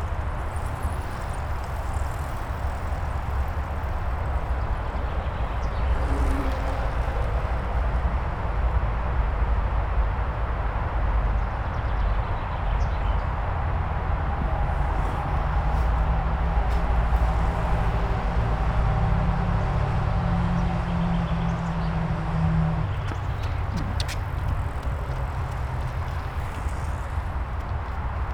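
A steady, dense hum of motorway traffic fills the whole recording, low and rumbling, with a faint tonal drone rising and holding roughly between 15 and 23 seconds. Brief bright ticks and rustles surface now and then, like passing bikes or wind.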